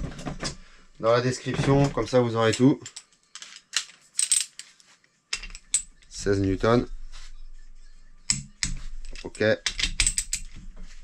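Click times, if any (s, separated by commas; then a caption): 8.3 s, 8.6 s. A torque wrench set to 16 Nm tightens a camshaft bearing cap bolt on the cylinder head of a 2010 Honda CRF 250 motorcycle while someone talks. Sharp metallic clicks from the wrench come at 8.3 s and 8.6 s, confirming the bolt has reached 16 Nm.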